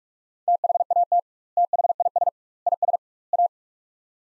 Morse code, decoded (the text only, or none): THAT THIS IS A